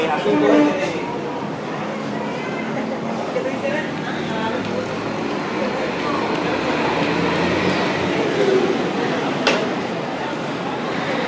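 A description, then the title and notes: A street in Centro Habana, Cuba, busy with a steady crowd murmur of many voices, a few louder calls and passing traffic. Outside Capitolio in Centro Habana, Cuba. A street teeming with life in Centro Habana, Cuba.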